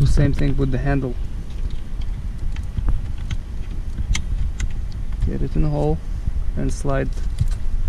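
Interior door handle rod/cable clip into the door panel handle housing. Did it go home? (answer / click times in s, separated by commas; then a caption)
no / none. While reinstalling the door panel on a 2006-2010 Hyundai Sonata, the interior door handle rod/cable is fitted into its hole in the panel's handle housing and slid along toward the white plastic retaining clips. Someone talks at the start and end, with faint light ticks of handling between about 2.0 and 4.6 seconds. Nothing has seated or clicked yet.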